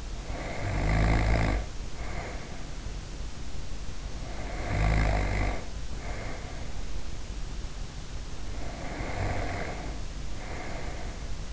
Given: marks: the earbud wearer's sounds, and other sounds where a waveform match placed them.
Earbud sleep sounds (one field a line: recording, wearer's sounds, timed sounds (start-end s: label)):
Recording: sounds in sleep by an in-ear microphone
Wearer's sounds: snoring breath, breath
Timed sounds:
0.00-2.89 s: snoring breath
4.12-7.05 s: snoring breath
8.25-11.53 s: breath